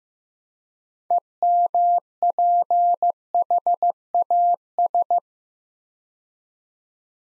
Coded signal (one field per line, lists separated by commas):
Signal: Morse code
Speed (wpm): 15 wpm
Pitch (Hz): 700 Hz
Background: none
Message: EMPHAS